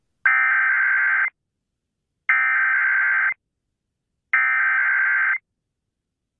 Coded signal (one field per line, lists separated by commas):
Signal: Emergency Alert System (SAME) tones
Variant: header bursts